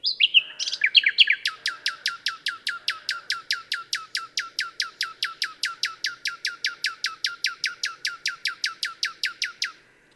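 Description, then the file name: Common nightingale song opening with a tangled warble, then a long even series of many sharp downslurred notes. "Luscinia megarhynchos"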